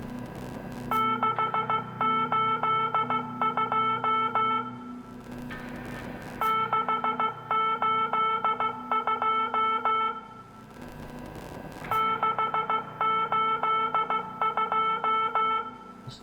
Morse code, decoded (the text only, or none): 682 682 682